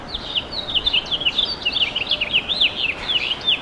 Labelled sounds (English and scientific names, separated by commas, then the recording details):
House Finch (Haemorhous mexicanus) song
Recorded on Long Island, New York, on 11 June 2012
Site OP
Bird A